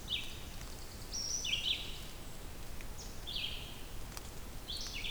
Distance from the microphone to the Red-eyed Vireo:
about 40 m